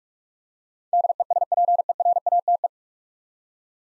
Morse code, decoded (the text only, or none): DESPERATE